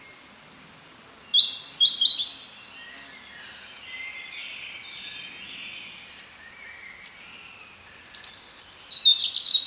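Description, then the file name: European robin song with a sweet, wavering whistled phrase, a quieter rambling stretch, then a bright, rattling high trill at the end. "Erithacus rubecula"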